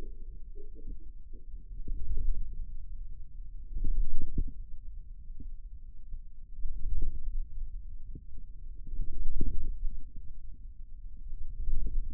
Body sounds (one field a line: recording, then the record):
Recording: forearm muscle sounds (acoustic myography)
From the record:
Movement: wrist extension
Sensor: system 2, bracelet of six BSWA MPA416 microphones around the upper forearm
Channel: 6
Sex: male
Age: 22 years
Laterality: right